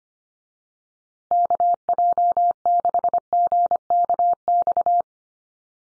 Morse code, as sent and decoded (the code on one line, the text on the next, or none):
-.- .--- -.... --. -.- -..-
KJ6GKX